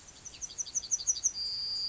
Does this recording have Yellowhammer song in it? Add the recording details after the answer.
yes. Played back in grassland. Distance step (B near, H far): E. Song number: 121